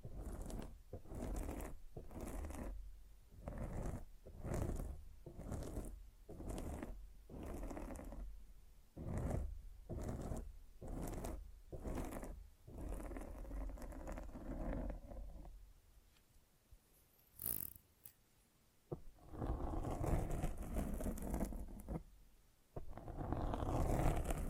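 Mic scratching: rough rubbing and scraping against the microphone, broken by short regular gaps through the first fifteen seconds. It then drops to quiet with a brief bright squeak near seventeen seconds before dense, gritty scratching returns toward the end.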